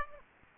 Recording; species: mosquito wingbeat signal from an infrared sensor; Aedes aegypti